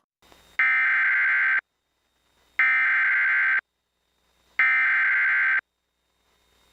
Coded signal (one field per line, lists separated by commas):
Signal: Emergency Alert System (SAME) tones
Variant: header bursts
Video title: (EAS #99) WTAP-TV - Severe Thunderstorm Warning (5/2/2025)